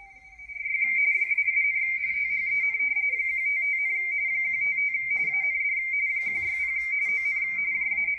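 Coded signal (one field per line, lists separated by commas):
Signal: RTTY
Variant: Baudot, 170 Hz shift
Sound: continuous warbling two-tone chatter near 2 kHz, rapidly flipping between close pitches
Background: faint voice, radio static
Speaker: this is the ARRL w1aw station uh with their radio teletype bulletin on 80 meters this is on the V antenna in my backyard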